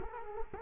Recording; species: mosquito wingbeat signal from an infrared sensor; Culex quinquefasciatus